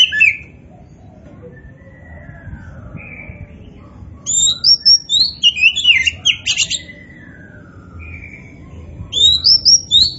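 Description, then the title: Oriental magpie-robin song in short sharp phrases of high whistled and chirping notes, separated by quiet gaps with faint lower slurred whistles. Described as gacor, meaning singing actively and continuously. "Kacer Poci Gacor"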